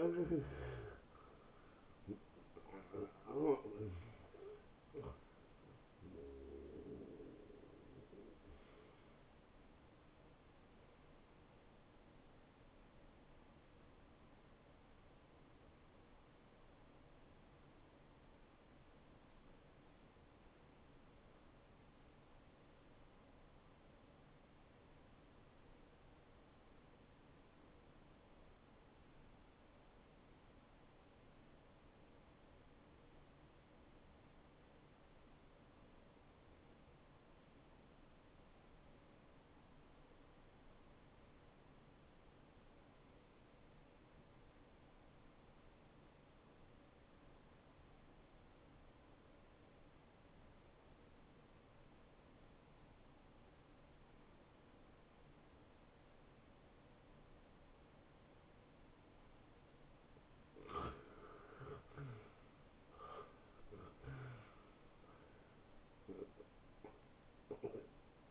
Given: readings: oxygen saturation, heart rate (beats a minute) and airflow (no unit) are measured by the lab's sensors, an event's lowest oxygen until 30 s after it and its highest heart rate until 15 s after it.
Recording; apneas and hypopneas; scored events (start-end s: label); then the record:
breathing in sleep by a voice recorder at the bedside; 1
16.00-60.50 s: hypopnea (N1, oxygen 96% highest, then 82% lowest, heart rate 75 at the start, 85 highest)
18.00-68.31 s: new sleep stage, N2 (light sleep)
From the record:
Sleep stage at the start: N1 (lightest sleep); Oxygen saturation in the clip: 84 to 96%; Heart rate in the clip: 64 to 84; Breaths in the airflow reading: 7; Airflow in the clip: -19.0 to 12.3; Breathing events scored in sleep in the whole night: 263 in 5.5 hours asleep